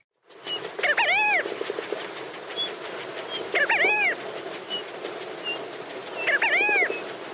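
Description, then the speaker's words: Namaqua sandgrouse call: three liquid, gurgling phrases of arched, rising-falling notes, repeated roughly every three seconds, with thin faint whistles between. Namaqua sandgrouse in the western parts of South Africa; one of the best-known field sounds there; its Afrikaans name kelkiewyn comes from this call. "Ek dink die kelkiewyn se roep is een van die mees bekende veldgeluide, definitief hier in die westelike dele van die land."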